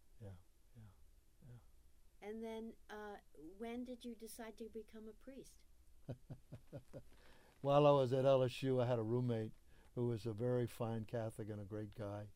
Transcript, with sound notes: Yeah, yeah. Yeah.
And then when did you decided to become a priest?
[laughs] While I was at LSU I had a roommate, who was a very fine Catholic and a great guy.